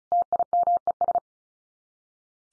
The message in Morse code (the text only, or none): TIMES